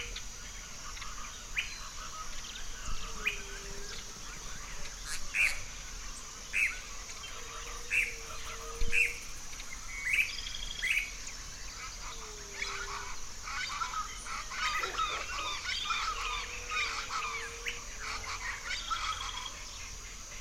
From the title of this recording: April Sunrise in the Orchard